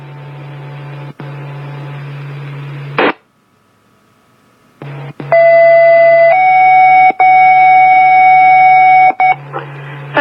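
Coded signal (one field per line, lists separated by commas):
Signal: two-tone page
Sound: radio hiss, a silent gap, then two steady tones in sequence lasting about four seconds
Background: radio static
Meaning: Alert tones that set off the pagers for fire stations 5 and 6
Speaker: FR stations five and six Monday test page testing 1 2 3 4 5 test complete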